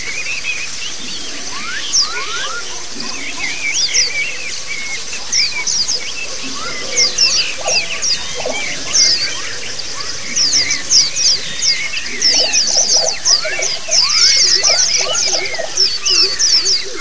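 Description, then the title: White-eyes singing together, a dense overlapping chorus of high, quick chirps and short upslurred and downslurred twitters that rise and fall continuously throughout. Massed chorus of many white-eyes ('ombyokan'), played as a therapy and training recording for caged birds (masteran). "Suara Terapi Pleci Ombyokan 2"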